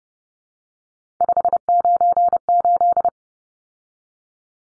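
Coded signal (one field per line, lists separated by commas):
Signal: Morse code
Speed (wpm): 30 wpm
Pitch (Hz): 700 Hz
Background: none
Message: 598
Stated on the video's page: Head-copy drill of three-digit numbers sent in Morse at 30 wpm, each number sent, then spoken, then sent again.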